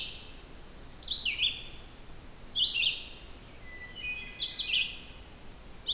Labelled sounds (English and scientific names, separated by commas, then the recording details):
Red-eyed Vireo (Vireo olivaceus) song
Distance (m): 5 m
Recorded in boreal forest in Alberta, Canada, on 16 June 2016 at 07:00
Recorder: SongMeter 3, array SBT-3-32
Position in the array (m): 36 m, 9 m